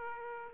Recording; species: mosquito wingbeat signal from an infrared sensor; Aedes aegypti